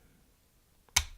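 An XLR plug-on recorder comes off a microphone's male XLR connector: the latch release is pressed while the microphone is held, since the recorder will fly out a little. After a faint tick at about 0.9 s, a sharp, bright click at 0.97 s marks the recorder popping free, followed by a short ringing tail as the latch is released.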